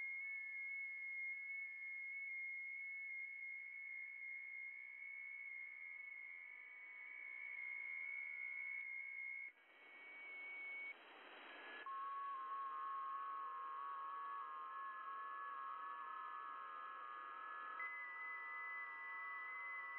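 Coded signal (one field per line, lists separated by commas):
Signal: FT8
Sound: several soft, overlapping warbling tones drifting slowly in pitch, with a brief hiss burst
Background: radio static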